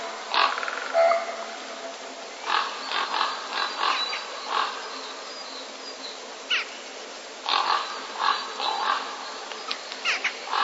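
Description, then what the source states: Common raven giving harsh, throaty croaks in scattered bursts, some single and some in quick clusters, over a steady hiss of background noise. Courtship calling during the breeding season.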